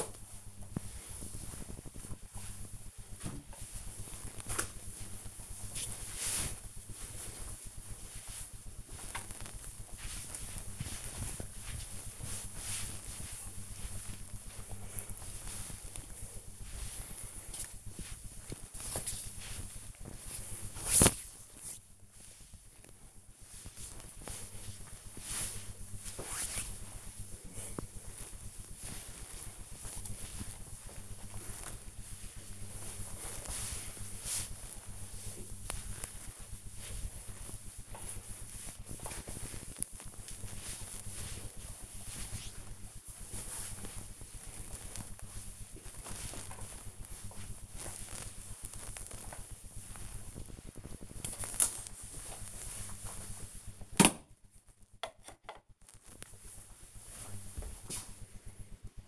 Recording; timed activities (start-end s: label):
household activities, microphone on the right wrist
0.00-50.48 s: floor cleaning